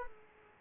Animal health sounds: mosquito wingbeat signal from an infrared sensor; Aedes aegypti

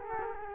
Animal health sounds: mosquito wingbeat signal from an infrared sensor; Culex quinquefasciatus

